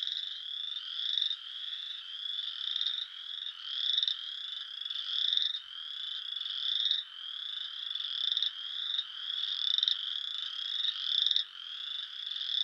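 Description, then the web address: Western chorus frogs calling in a chorus: overlapping creaky, rising trills, each about a second long, repeating steadily with no other sounds. Eastern North America. "Dan Gibson Wildlife Identification By Sound, Eastern North America Pt 1. Western Chorus Frog"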